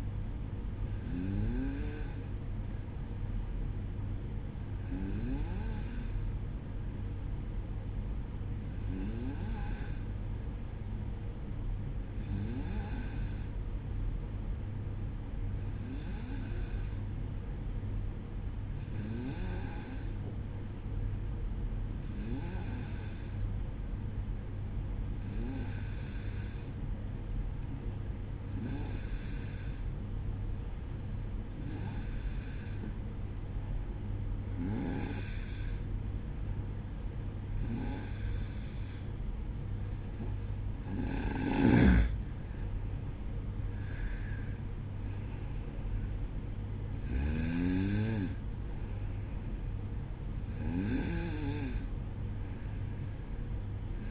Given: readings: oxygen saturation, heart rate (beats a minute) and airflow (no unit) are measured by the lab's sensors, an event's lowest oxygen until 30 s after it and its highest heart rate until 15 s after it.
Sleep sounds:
breathing in sleep by a smartphone at the bedside; 1
7.00-42.80 s: hypopnea (N2, oxygen 94% highest, then 93% lowest, heart rate 58 at the start, 63 highest)
33.00-54.11 s: new sleep stage, N1 (lightest sleep)
From the record:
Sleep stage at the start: N2 (light sleep); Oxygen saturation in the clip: 93 to 94%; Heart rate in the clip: 58 to 63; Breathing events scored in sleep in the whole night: 305 in 9.6 hours asleep

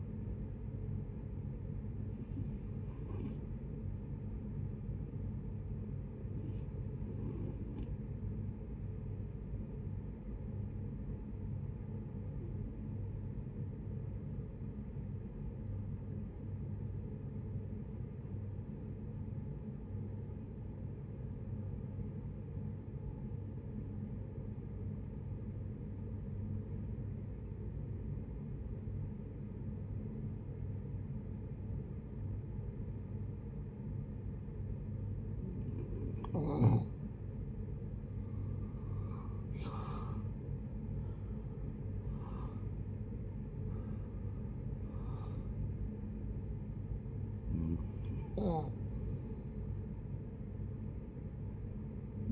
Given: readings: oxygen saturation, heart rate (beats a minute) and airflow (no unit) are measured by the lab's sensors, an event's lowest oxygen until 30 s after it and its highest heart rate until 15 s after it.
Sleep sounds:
breathing in sleep by a smartphone at the bedside; 1
12.00-38.10 s: obstructive apnea (N2, oxygen 94% highest, then 71% lowest)
49.00-52.32 s: new sleep stage, N1 (lightest sleep)
From the record:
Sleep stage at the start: N2 (light sleep); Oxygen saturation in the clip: 74 to 94%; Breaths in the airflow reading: 7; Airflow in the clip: -17.0 to 12.0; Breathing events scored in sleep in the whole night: 496 in 5.4 hours asleep

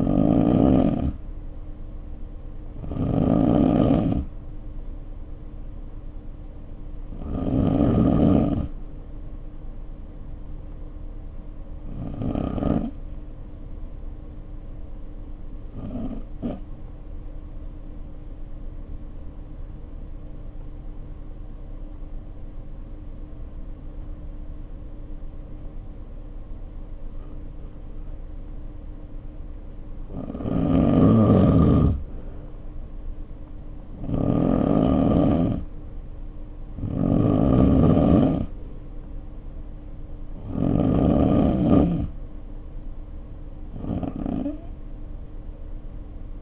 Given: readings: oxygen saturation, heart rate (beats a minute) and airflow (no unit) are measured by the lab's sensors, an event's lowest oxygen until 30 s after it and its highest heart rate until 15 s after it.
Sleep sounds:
breathing in sleep by a smartphone at the bedside; 1
14.00-33.80 s: obstructive apnea (N2, oxygen 95% highest, then 86% lowest, heart rate 49 at the start, 63 highest)
From the record:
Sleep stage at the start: N2 (light sleep); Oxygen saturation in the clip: 84 to 95%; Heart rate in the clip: 49 to 63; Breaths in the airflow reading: 8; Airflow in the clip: -3.1 to 3.6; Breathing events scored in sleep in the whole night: 520 in 7.2 hours asleep

